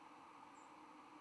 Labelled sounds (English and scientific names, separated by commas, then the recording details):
White-throated Sparrow (Zonotrichia albicollis) flight call
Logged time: 09:21 on 10 November 2014